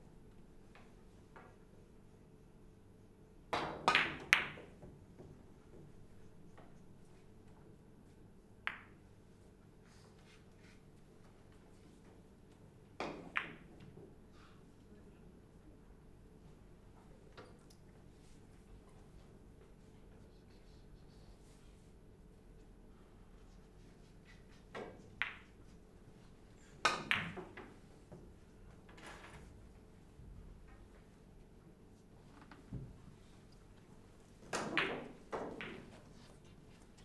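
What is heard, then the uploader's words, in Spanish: Three-cushion billiards in an indoor room: sharp, bright clicks of balls striking, often in quick clusters of two or three, arrive every few seconds, around 4, 13, 27 and 35 seconds. Between shots a low, steady room hum and faint murmur continue. Personas que juegan al billar a tres bandas.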